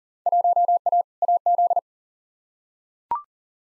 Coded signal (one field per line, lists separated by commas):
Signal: Morse code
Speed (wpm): 40 wpm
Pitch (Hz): 700 Hz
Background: none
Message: 1A AZ